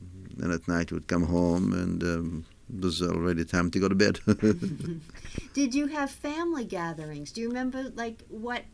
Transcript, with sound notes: Then at night we'd come home and it was already time to go to bed (he laughs)
(she laughs) Did you have family gatherings? Do you remember, like what,